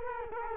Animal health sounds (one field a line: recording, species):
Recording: mosquito wingbeat signal from an infrared sensor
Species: Culex quinquefasciatus